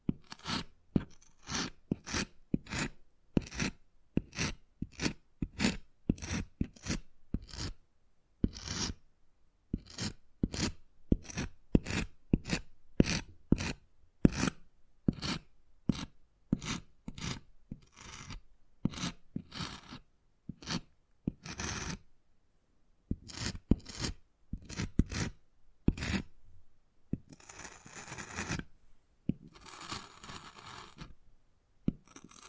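Wood carving with quick, rasping scrapes that come in a steady, rapid series of short strokes, roughly two or three per second, for most of the clip. Near the end the strokes turn into longer, hissier scratching passes with brief gaps between them.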